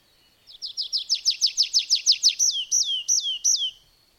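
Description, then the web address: Bird song opening with a fast trill of about a dozen clipped high notes, followed by four longer hooked whistles that dip downward at their ends. "madarak enek"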